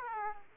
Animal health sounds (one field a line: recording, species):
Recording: mosquito wingbeat signal from an infrared sensor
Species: Aedes aegypti